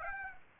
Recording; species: mosquito wingbeat signal from an infrared sensor; Aedes aegypti